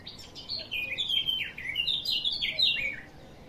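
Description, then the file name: Eurasian blackcap song: a rich, flowing warble of fluty notes that slides up and down in quick succession, with a light hiss behind. "Sylvia atricapilla"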